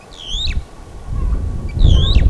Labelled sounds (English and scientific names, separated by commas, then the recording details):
Superb Starling (Lamprotornis superbus) flight call
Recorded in Kenya on 13 April 2009 at 15:17
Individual 20, of group CF2